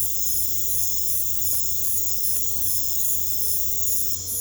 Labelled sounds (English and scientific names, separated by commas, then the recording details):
none
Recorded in pastures near Puerto Asís, Putumayo, Colombia, on 22 December 2024 at 21:00
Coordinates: 0.487, -76.322
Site GP09